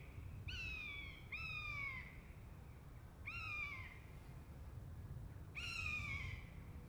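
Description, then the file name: Buzzard mewing calls, four descending cries with the first two in quick succession, then spaced singles. A pair of buzzards. "jl buzzard pair"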